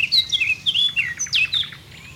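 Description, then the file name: Eurasian blackcap song: a brief burst of bright, slurred warbling notes lasting under two seconds. "Sylvia atricapilla"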